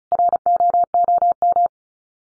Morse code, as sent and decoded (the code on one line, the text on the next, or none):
.-. --- --- --
ROOM